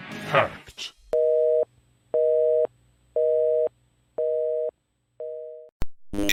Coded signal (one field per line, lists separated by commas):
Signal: telephone call progress tone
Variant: North America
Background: speech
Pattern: busy tone